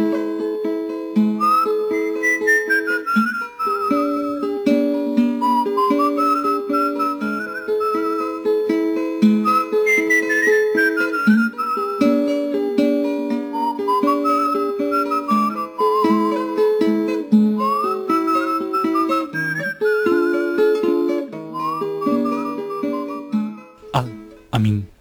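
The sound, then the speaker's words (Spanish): A slow, mournful whistled melody glides and wavers over sustained instrumental chords. It stays steady and fairly loud for about twenty-five seconds before breaking off at the end. “El yuyo se fue arrimando como pa' ver qué pasó, pero se fue don Segundo con su silbido tristón.”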